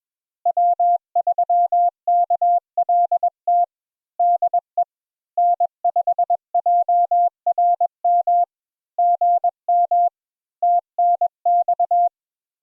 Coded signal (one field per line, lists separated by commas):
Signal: Morse code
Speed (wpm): 21 wpm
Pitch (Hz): 700 Hz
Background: none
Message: W3KLT DE N5JRM GM TNX